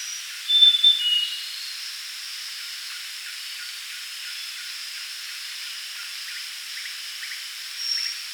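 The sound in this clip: Grey-chested jungle flycatcher song: one short phrase of thin high whistles dropping in pitch early on, over a constant insect chorus.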